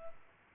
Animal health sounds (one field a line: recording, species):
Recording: mosquito wingbeat signal from an infrared sensor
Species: Culex pipiens